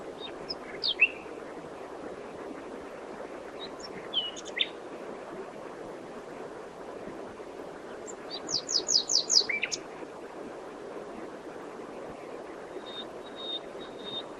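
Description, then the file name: Common nightingale song: scattered high chirps, then a quick run of rapidly repeated notes, followed by a few soft high whistles; constant low background noise. "Luscinia megarhynchos"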